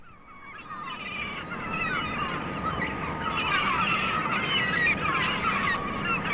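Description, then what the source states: Gull calls: a crowd of squealing, yelping cries that builds after the first second into dense, overlapping chatter over a continuous background rumble. Recorded on the Staten Island Ferry.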